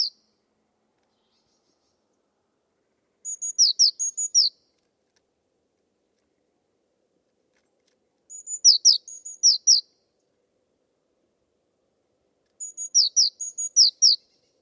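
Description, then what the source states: Bird singing high, bright phrases of whistles and falling chirps, three full phrases a few seconds apart, otherwise quiet. Bird-only audio from a 2025 bird dataset.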